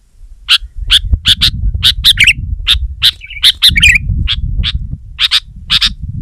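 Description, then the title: Sooty-headed bulbul calling in crisp, fairly evenly spaced chips with brief warbling bursts, against a low background rumble. "kutilang"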